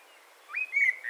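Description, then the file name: Eurasian blackbird giving a clear fluty whistle that sweeps sharply upward and holds steady, followed by short further notes, over faint background hiss. "Turdus merula"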